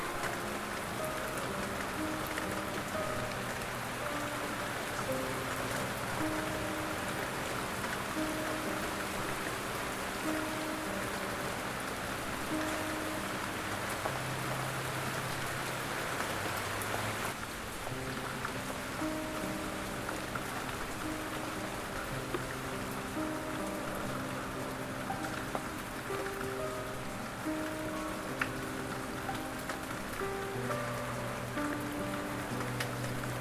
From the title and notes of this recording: Som de Chuva leve com Piano para relaxamento, SPA e Meditação | Light Rain Sound with Piano for relaxation, SPA and Meditation.